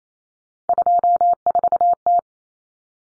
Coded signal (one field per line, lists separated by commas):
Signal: Morse code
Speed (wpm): 28 wpm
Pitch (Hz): 700 Hz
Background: none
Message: 24T